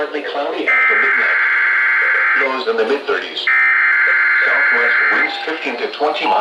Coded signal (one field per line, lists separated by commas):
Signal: Emergency Alert System (SAME) tones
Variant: header bursts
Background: speech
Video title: An Interesting Series of Events.. EAS Alerts from 3/16/26 (EAS #1,362-#1,400)